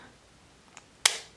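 The release button on a spring-loaded finger-prick lancing device, used for glucose and ketone testing with a Keto Mojo device, is pressed to fire the lancet. After a faint tick near 0.8 s, the mechanism releases with one sharp, loud click at 1.1 s, followed by a brief ringing decay. The lancet has fired.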